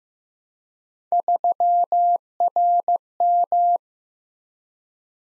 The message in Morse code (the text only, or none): 3RM